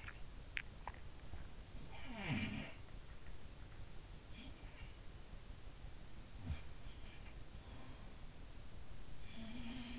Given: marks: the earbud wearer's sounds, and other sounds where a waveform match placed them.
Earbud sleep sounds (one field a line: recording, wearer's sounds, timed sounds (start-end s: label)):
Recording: sounds in sleep by an in-ear microphone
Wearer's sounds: swallowing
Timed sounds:
0.00-1.08 s: swallowing
1.08-2.71 s: sound from someone else or the room
4.33-4.91 s: sound from someone else or the room
6.28-8.16 s: sound from someone else or the room
9.14-9.99 s: sound from someone else or the room